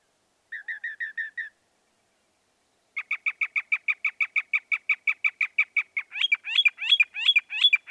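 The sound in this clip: Northern mockingbird song: a short stuttered phrase, a pause, then a long even series of clipped notes that turns into louder sweeping phrases.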